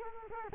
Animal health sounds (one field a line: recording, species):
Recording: mosquito wingbeat signal from an infrared sensor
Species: Culex quinquefasciatus